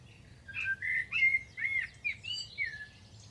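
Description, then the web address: Bird song of varied whistled notes, some sliding up, some arched, delivered in a quick tumbling sequence over low background noise. "Deverinetal. Bird Only"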